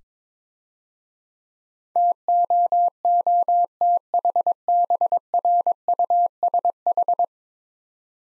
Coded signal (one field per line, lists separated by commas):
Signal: Morse code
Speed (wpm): 22 wpm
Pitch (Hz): 700 Hz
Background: none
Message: TOOTHBRUSH